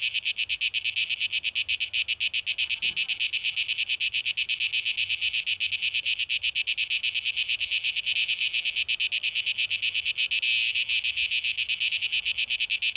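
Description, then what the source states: Cicada drone: a shrill, high buzz broken into fast rhythmic pulses throughout. Recorded 12 August 2023.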